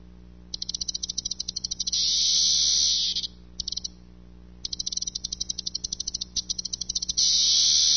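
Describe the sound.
Cicada song: rapid ticking clicks build into a steady high buzz, then break off; the pattern repeats, the second buzz running to the end.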